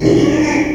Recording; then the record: squeal of a Yucatan mini pig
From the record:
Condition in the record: after surgery on the right vocal fold (resection and tissue-engineered implant); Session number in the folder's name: 2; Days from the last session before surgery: 13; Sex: male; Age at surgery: 12 weeks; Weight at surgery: 13 kg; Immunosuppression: cyclosporine, prednisolone